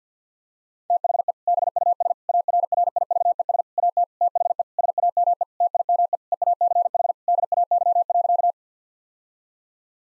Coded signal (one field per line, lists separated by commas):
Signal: Morse code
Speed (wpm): 50 wpm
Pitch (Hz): 700 Hz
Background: none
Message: THE BUS ARRIVES AT THE SAME TIME EACH DAY.